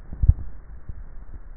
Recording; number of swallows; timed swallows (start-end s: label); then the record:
swallowing sounds by neck microphone; 1
0.25-1.22 s: swallow
From the record:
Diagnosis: dysphagia